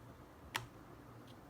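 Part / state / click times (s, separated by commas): RAM module into laptop memory slot / seated / 0.6 s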